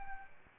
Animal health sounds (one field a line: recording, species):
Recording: mosquito wingbeat signal from an infrared sensor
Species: Aedes albopictus